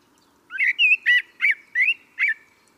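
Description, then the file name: Common blackbird singing a short phrase of six mellow, fluted whistles with slurred, rising and falling notes, then silence. "Turdus merula"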